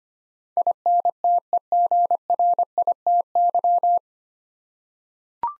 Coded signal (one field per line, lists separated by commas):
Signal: Morse code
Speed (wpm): 25 wpm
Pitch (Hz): 700 Hz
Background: none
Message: INTEGRITY